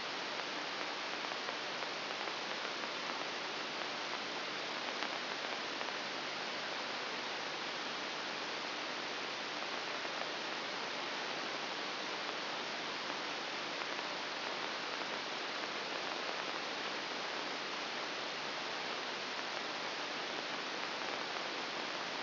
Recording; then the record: brain microelectrode recording played as sound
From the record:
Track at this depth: inside the subthalamic nucleus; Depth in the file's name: 0.808 mm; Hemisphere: right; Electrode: 3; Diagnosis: Parkinson's disease